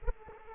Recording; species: mosquito wingbeat signal from an infrared sensor; Anopheles arabiensis